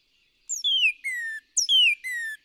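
Northern cardinal song of paired whistles, each a sharp high note sliding into a longer falling whistle, repeated twice.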